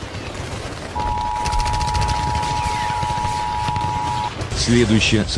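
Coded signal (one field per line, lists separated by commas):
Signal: Emergency Alert System (SAME) tones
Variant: 853 and 960 Hz attention tone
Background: speech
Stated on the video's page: Fictional EAS scenario imagining the USSR returning to the modern world; a simulated alert, not a real broadcast.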